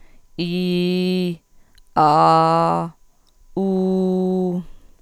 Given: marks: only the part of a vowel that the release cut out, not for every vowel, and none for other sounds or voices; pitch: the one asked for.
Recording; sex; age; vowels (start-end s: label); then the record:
sustained vowels; female; 40 to 49 years
0.46-1.27 s: vowel /i/, low pitch
2.00-2.79 s: vowel /a/, low pitch
3.59-4.50 s: vowel /u/, low pitch
From the record:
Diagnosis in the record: cluttering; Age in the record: 46 years